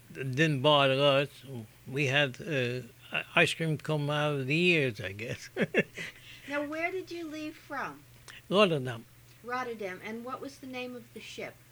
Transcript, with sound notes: it didn't bother us. We had ice cream coming out of the ears, I guess. ( he laughs )
Now, where did you leave from?
Rotterdam.
Rotterdam. And what's the name of the ship?